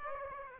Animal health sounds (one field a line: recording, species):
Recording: mosquito wingbeat signal from an infrared sensor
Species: Aedes aegypti